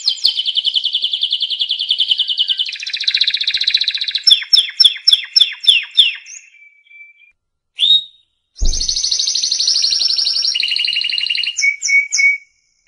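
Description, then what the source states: Canary song in rapid, varied phrases: fast buzzy trills, a run of repeated notes, a brief pause near eight seconds, then further rolling trills and short whistled notes. Canary presented as a competition first-place winner, singing in full, energetic voice.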